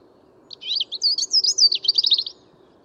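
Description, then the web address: European robin song: one rapid, high, tumbling phrase of thin twittering notes and trills lasting under two seconds, over a faint low hum. "Deverinetal 2025 File origin Bird Only Er Ru"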